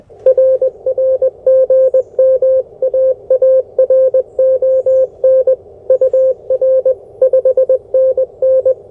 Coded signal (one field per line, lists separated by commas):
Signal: Morse code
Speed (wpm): 20 wpm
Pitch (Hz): 520 Hz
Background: none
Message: RR GM AARON UR 5NN